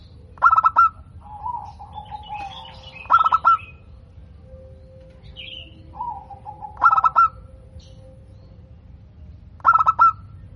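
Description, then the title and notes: Zebra dove song: loud, clipped bursts of quick cooing notes every few seconds, with softer wavering coos between them and a thin steady tone. Local (lokal) bird, described as singing actively (gacor) with a clear, ringing, loud voice (suara kristal lantang). "PERKUTUT LOKAL GACOR Suara KRISTAL LANTANG. Kicau Burung Perkutut"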